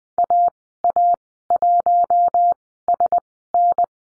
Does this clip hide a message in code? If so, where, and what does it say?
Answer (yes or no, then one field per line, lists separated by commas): yes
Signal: Morse code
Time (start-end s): 0.2-3.8 s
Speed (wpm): 20 wpm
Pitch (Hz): 700 Hz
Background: none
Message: AA1SN